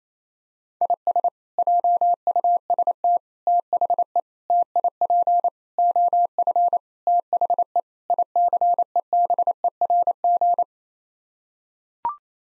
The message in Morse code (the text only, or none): IS JUST THE TIP OF THE ICEBERG